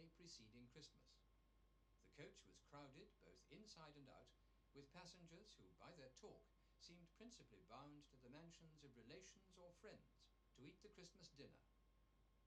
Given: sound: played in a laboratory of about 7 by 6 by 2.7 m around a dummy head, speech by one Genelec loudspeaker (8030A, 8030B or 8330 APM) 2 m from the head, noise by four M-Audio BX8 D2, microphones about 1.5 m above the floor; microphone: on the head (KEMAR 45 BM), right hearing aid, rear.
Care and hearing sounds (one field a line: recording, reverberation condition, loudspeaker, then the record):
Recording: male speech in English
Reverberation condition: low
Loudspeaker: 30 degrees to the right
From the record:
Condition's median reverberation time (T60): about 310 ms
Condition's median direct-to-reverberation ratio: about 3.5 dB